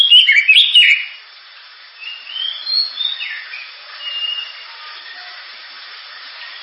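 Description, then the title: Oriental magpie-robin song: a brief burst of loud, varied whistled notes, then quieter warbled phrases fading into a faint background hiss. Loud, sharp song of a lively singing magpie-robin, suited for use as a lure to prompt other birds to sing. "Kacer Gacor Suara Tajam. Kacer Gacor Suara Super Kenceng Cocok untuk Pancingan"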